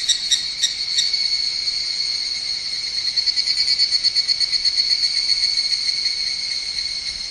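Higurashi cicada calling with a ringing trill, sharply pulsed at the start, then a high ringing drone with further rapid pulses.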